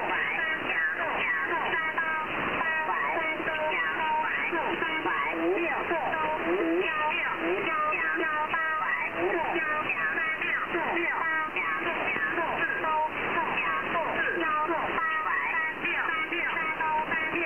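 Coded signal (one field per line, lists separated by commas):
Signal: numbers station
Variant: Chinese Robot (VC01), Chinese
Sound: very rapid robotic voice reading numbers in Chinese, continuously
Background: radio static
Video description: I have never heard anything else from it except very rapid numbers in Chinese.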